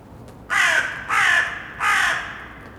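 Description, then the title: Crow giving three loud, harsh, drawn-out caws in quick succession, with faint background hum. Recorded in Saint-Gilles, Belgium, with Sony PCM-D100 internal microphones in wide position. "Saint-Gilles, Belgique - Crows - corneilles"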